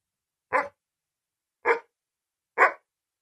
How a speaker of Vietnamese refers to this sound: Tiếng chó bất ngờ sủa vang khắp phòng, làm ngắt ngang câu hỏi của tôi.